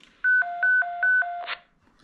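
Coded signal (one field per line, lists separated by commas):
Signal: roger beep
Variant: CRT factory-default roger beep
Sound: quick high-low two-tone melody repeated three times, ending in a short static squelch burst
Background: radio static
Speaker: donc là voilà, il n'y en a que 5 hein. Voilà, donc comme à sa sortie d'usine, et ils sont revenus voilà.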